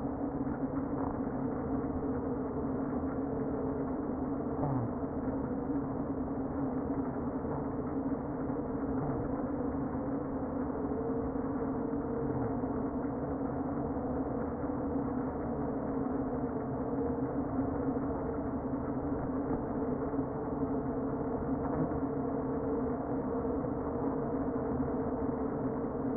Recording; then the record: honeybee colony, microphone inside the hive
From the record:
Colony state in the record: queen present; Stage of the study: before two queens were removed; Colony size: about 60,000 bees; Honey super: yes